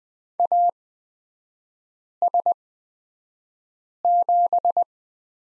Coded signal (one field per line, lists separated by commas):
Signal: Morse code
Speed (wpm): 20 wpm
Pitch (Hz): 700 Hz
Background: none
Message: AS7